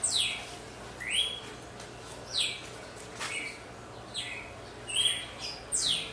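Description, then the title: Red-cowled cardinal singing a series of whistled notes roughly every second, fairly quiet against a hissy background. Female, singing after the moult, in a song contest (disputa). "Canto Galo Campina Fêmea. GALO DE CAMPINA DEPOIS DA MUDA (disputa)"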